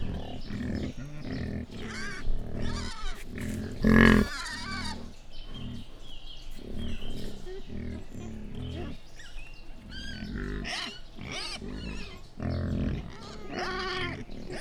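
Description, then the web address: Wild boar grunting and squealing almost continuously, with short nasal grunts mixed with rough, higher squeals throughout. Captive wild boar squealing, recorded at a zoo in Jászberény in 2015. "jaszberenyizoo. vaddiszno visitasis"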